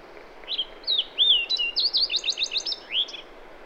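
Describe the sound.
Bird song over a hissy background: swooping whistles lead into a quick burst of sharp falling chips, then one last rising-falling whistle.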